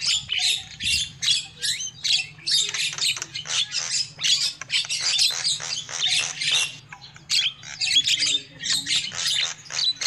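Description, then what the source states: Lovebird calls: rapid shrill chirping in bursts, harsh overlapping twitters with short pauses, and a steady low hum underneath. Used as a lure call for trapping lovebirds.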